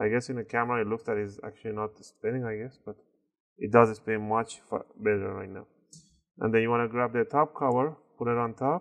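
Someone talks while the plastic top cover of an Xbox One power supply is picked up and placed on top of the power supply housing during a fan service. Only speech is heard, with no sharp hits, and the cover has not yet been pushed down, so nothing has seated or clicked yet.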